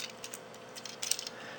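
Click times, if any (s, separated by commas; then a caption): none. A plastic limb joint on a Fansproject Warbot Defender (Classic Springer) transforming robot toy is twisted and pushed to seat it, giving light scattered ticks and then a quick run of sharp plastic clicks between about 1.0 and 1.3 seconds. The part does not lock in place, a minor problem, and nothing has seated or clicked into position yet.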